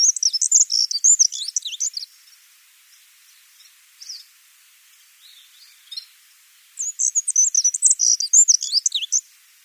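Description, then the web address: Black-throated accentor song: two high, fast scratchy warbled phrases separated by a pause, with a few soft isolated notes between them. "Schulze Peter Black-throated Accentor song"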